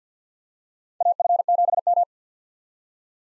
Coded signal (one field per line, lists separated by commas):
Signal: Morse code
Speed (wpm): 50 wpm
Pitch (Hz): 700 Hz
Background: none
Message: AF7M